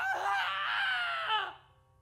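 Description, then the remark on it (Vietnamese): A man's single sustained scream, strained and high, rising and wavering for over a second before cutting off abruptly, leaving near silence with a faint low hum, as he cries out in extreme pain from his limbs being wrenched backward, then faints. “Quá đau đớn, Cường chỉ biết thét lên một tiếng rồi đã ngất lịm đi”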